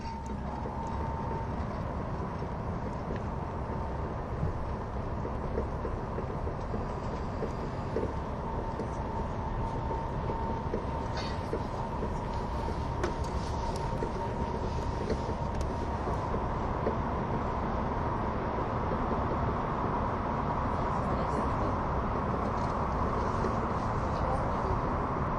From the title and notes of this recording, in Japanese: SBB線 EC311レ02 Arth-Goldau～Bellinzona。スイスでは主力の車体傾斜車両であるETR610形EC、高速性能と曲線通過性能の両者の本領を発揮できるゴッタルドトベーシトンネルルートの列車を収録したものです。